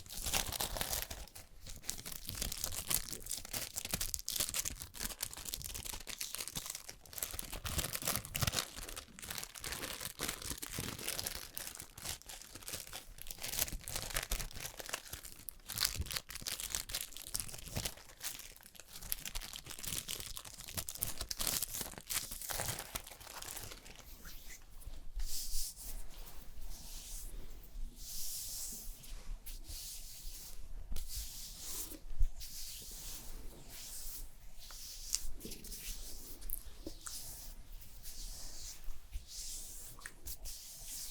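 Fast, aggressive ASMR makeup sounds: a dense, bright stream of crinkling, crackling and tearing noises layered over each other with rapid clicks and taps. The texture stays busy throughout, turning slightly choppier with brief gaps after about twenty-five seconds.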